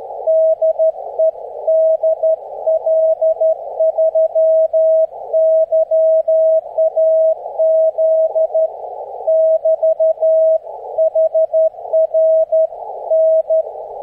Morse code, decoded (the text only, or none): DE DL3YAZ <BT> HR N